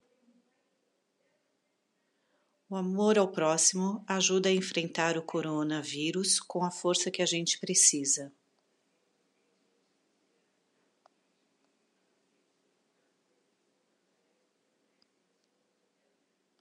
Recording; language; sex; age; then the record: spoken sentence; Brazilian Portuguese; female; 50 to 59 years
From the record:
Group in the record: control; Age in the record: 50 years